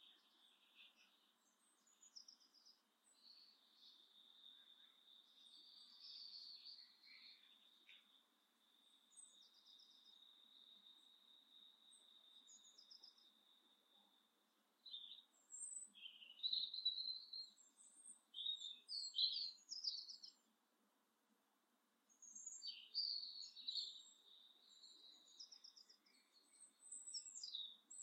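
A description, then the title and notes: A garden full of high, thin sounds: for the first half a steady, bright buzzing hum holds at one pitch with small chirps over it. After about fifteen seconds it breaks into louder bursts of quick bird chirps and twitters, with a brief quiet lull near twenty seconds. Today, we're sitting at The Buzzing Garden in Saltwell Park. A lovely space enclosed by tall trees and shrubbery.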